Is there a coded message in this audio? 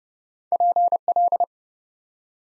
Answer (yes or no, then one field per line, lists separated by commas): yes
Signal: Morse code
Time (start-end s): 0.5-1.4 s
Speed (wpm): 28 wpm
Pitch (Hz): 700 Hz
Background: none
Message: PL